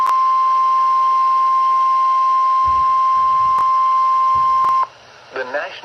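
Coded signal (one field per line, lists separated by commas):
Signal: Emergency Alert System (SAME) tones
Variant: 1050 Hz attention tone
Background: speech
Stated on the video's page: Flash flood warning from the Sterling, VA (LWX) weather office.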